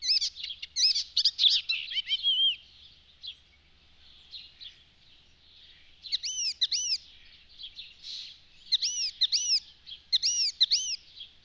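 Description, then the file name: Icterine warbler song in two bursts: scratchy jumbled notes first, then after a pause repeated looping whistled phrases, high and bright. "Spotvogel"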